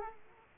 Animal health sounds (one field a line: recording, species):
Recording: mosquito wingbeat signal from an infrared sensor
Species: Aedes aegypti